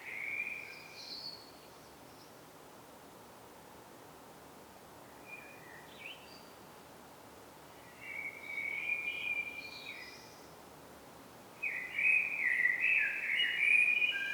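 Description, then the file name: Common blackbird song: a short warbled phrase near the start, a few faint brief notes, another warbled phrase, then a louder twittering phrase at the end, over a steady background hiss. "Turdus merula"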